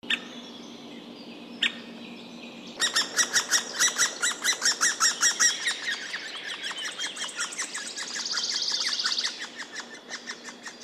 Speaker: Toukokuun lopulla poikasten kerjuäänet kaikuivat metsässä ja emo vastaili ääniin hieman hillitymmin.